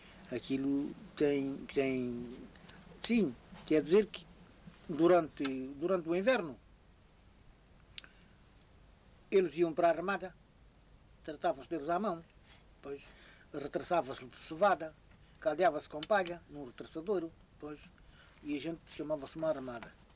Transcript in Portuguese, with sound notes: aquilo tem tem… Sim, quer dizer que durante durante o Inverno, [pausa] eles iam para a arramada, tratavam-se deles à mão, pois, retraçava-se-lhe de cevada, caldeava-se com palha num retraçadouro, pois, e a gente chamava-se uma arramada.